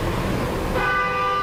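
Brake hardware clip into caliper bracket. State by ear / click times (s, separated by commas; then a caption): not seated / none. A metal brake hardware clip is fitted into the caliper bracket during a rear brake replacement on a 2005-2010 Jeep Grand Cherokee. Steady broadband noise plays with no sharp transients, and from about 0.8 s sustained tonal lines ring, resembling a distant car horn. The clip has not popped in, and nothing has seated or clicked yet.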